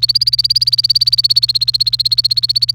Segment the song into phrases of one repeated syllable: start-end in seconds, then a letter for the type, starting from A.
0.00-2.74 A